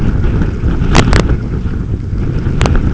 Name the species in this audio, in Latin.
none